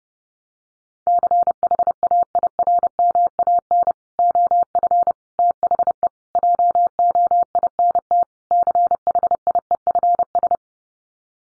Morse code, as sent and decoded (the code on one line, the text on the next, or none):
-.-. .... .- .. .-. -- .- -. / --- ..-. / - .... . / .--- --- .. -. - / -.-. .... .. . ..-. ...
CHAIRMAN OF THE JOINT CHIEFS